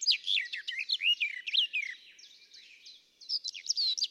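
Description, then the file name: Garden warbler giving a rapid, liquid warble of slurred chattering notes, dipping briefly quieter before picking up again at the end. "tuinfluiter"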